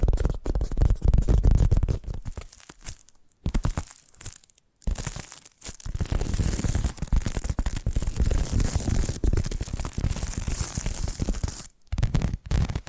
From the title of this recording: Addictive Tapping Triggers